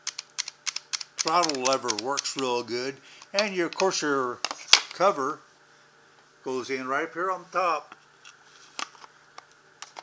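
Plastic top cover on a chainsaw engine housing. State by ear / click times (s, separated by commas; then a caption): seated / 8.8 s, 9.8 s. Someone talks while the plastic top cover of a Neo Tec NCS6200 chainsaw is fitted on top of the engine housing and pressed down until its plastic snaps engage. A few sharp ticks come early in the clip, and after the talking stops, the cover snaps into place with crisp clicks at 8.8 s and 9.8 s.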